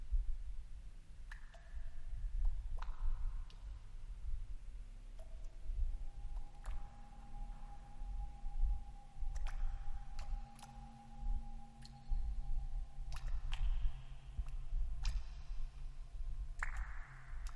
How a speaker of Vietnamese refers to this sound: Rồi cả tiếng nước nhỏ giọt vào phiến đá. Lâu lâu vang lên một nhịp.